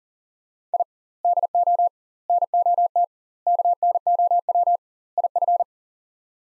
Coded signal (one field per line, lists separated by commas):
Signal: Morse code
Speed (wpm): 40 wpm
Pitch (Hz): 700 Hz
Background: none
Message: I DO NOT KNOW IF